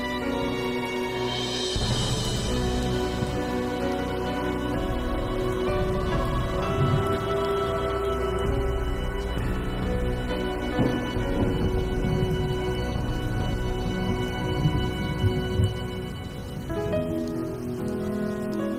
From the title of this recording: original sound tracks with rain